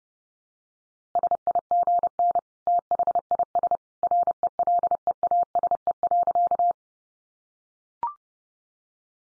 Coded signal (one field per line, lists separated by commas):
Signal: Morse code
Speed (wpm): 30 wpm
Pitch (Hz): 700 Hz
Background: none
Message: SIGN THIS RELEASE.